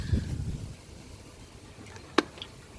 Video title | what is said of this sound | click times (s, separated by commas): How to Remove / Unmount Swann Smart Doorbell to Recharge Battery | can hear it clicking and you can just take it out now | 2.2 s, 2.4 s